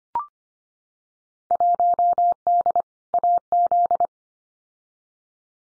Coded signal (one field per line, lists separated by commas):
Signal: Morse code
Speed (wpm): 25 wpm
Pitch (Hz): 700 Hz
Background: none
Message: 1D AZ